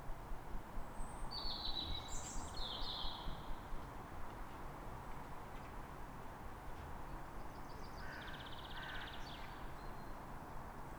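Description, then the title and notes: Bird song, a few high twittering phrases early and a buzzy trill later, against constant low traffic rumble. Calm morning, 3 May, Fresnes, Ile de France; background ring-road traffic. "Matin calme avec oiseaux. Fresnes, Ile de France. Mathias Arrignon"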